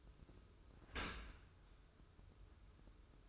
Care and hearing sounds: daily activity, microphone in the room; open dishwasher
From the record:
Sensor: 2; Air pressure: 995.7 hPa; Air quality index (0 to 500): 98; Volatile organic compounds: 5 ppm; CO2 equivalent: 1815 ppm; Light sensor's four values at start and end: 25/81/32/31 and 25/81/32/31

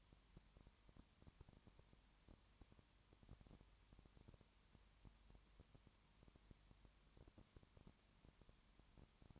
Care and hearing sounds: daily activity, microphone in the room; no activity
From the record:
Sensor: 3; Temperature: 21.1 degrees Celsius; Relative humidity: 37.0%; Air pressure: 1010.6 hPa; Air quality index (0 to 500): 204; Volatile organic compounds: 31 ppm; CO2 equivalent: 2974 ppm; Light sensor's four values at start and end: 2/3/2/2 and 2/3/2/2

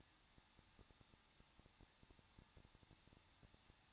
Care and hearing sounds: daily activity, microphone in the room; no activity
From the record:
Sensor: 3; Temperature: 21.2 degrees Celsius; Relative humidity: 36.3%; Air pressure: 1006.3 hPa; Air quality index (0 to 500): 221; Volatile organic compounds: 40 ppm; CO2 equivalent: 3150 ppm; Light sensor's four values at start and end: 2/3/2/2 and 2/3/2/2

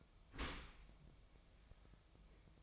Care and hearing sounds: daily activity, microphone in the room; open dishwasher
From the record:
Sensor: 1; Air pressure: 1004.8 hPa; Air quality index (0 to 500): 105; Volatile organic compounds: 3 ppm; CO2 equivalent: 1448 ppm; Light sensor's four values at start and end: 9/22/8/9 and 9/22/8/9

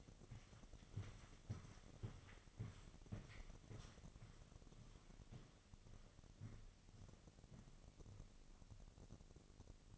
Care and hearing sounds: daily activity, microphone in the room; walk to room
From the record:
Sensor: 4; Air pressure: 1000.4 hPa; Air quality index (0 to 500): 213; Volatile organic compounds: 22 ppm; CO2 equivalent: 2754 ppm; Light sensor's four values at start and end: 9/20/8/7 and 9/21/8/8

